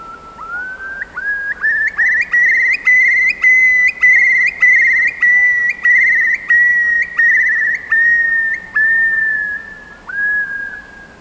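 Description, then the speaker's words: Eurasian curlew call: a whistled note rising then holding, broken into a steady series of repeated notes, easing lower toward the end. Call described as an incredible sound, iconic for the coastline. "Hey, this is Steve, just jumping in while I'm doing the editing, because I kind of thought if you hadn't heard a curlew, well, here it is."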